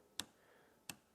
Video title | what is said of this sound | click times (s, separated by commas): Unboxing This USEFUL Petrol Multi Tool By Hyundai - The HYMT5200X Unboxing & Assembly Guide | and it snaps back in the groove that would be the correct adjustment | 0.2 s, 0.9 s